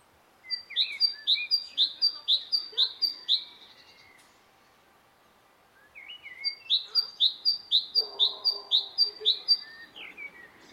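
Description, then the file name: Great tit song: two bright, high, see-sawing phrases of paired notes, each repeated several times in quick succession, separated by a short pause. "Parus major"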